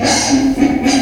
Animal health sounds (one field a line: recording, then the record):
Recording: squeal of a Yucatan mini pig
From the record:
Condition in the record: before surgery on the right vocal fold (resection and tissue-engineered implant)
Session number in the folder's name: 3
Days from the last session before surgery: 0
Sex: female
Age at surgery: 19 weeks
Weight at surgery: 25 kg